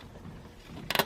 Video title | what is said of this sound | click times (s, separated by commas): Mustang GT Fox Body Oil Pressure Sending Unit Replacement | You can kind of hear it click into place. | 0.9 s, 1.0 s